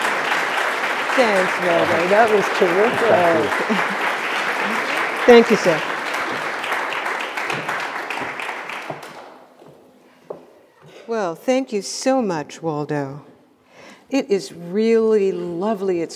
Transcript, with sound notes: Thanks, Waldo, that was terrific. Thank you, sir. (applause and cheering) Well, thank you so much, Waldo. It is really lovely.